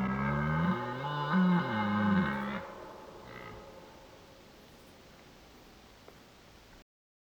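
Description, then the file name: Deer roaring: a deep, harmonically rich bellow that wavers in pitch for about two and a half seconds, then fades into a quiet hiss. Deer roaring in the rut. "Burlen herten"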